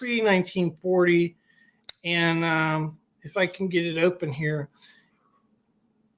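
Someone talks while handling a pre-1940 folding knife, working to open its blade against the backspring. A brief faint tick sounds around 1.9 s between phrases, but the blade has not yet snapped into its backspring lock by the end of the clip.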